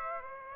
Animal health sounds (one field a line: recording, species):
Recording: mosquito wingbeat signal from an infrared sensor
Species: Aedes aegypti